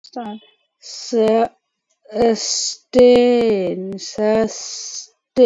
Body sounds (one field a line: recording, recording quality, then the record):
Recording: sustained vowel as in made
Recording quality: poor, much background noise or distortion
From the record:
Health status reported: COVID-19 positive, no symptoms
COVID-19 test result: positive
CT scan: not taken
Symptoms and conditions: cough, cold, fever, muscle pain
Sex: female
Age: 35 years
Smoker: no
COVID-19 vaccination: none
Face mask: worn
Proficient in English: yes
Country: India